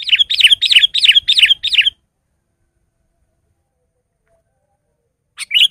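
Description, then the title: Sooty-headed bulbul song: a two-second string of evenly spaced, bright warbled notes, then silence and another short burst of chirping. "kutilang"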